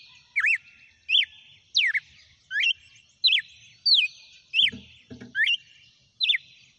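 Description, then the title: Red-cowled cardinal song of curling whistled notes repeated roughly every two-thirds of a second, some rising and some falling, with two dull thuds partway through. Female. "Canto Galo Campina Fêmea. GALO DE CAMPINA CANTANDO e BATENDO FOGO"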